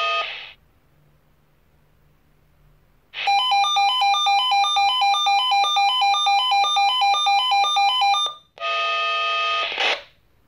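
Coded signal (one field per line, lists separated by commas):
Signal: pager alert tone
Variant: Swissphone Quattro pager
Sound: short tone burst, then fast alternating two-pitch electronic beeping, then steady buzzy tone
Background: quiet room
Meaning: Test alarm received; the pager sounds its double-tone siren alert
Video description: Monatliche Funktionsprobe eines analogen Swissphone Quattro XLSi Funkmeldeempfängers mit Alarmschaltung. Der Melder löst insgesamt 6 Schleifen mit Doppelton aus (Sirenenschleifen).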